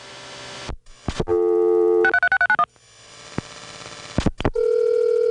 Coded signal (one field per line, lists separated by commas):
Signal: DTMF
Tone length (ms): 80 ms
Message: 636391